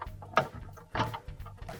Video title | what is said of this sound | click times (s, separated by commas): 240397501 - Replacing Your Refrigerator's Rod - AP2116268, PS430445 | that that's locked into place you can put our screws back in there you go | 0.4 s